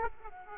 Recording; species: mosquito wingbeat signal from an infrared sensor; Aedes aegypti